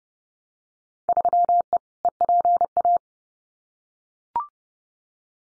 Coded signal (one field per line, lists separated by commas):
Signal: Morse code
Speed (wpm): 30 wpm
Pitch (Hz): 700 Hz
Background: none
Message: 3E EPA